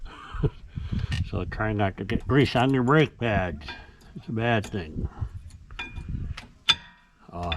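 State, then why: Seated. During a rear brake job on a 2010 Ford Fusion, a brake pad is pushed into the rear caliper bracket while someone talks. Several small metallic taps and knocks lead up to one loud, sharp click at 6.7 s, when the pad seats in the bracket.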